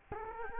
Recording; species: mosquito wingbeat signal from an infrared sensor; Culex quinquefasciatus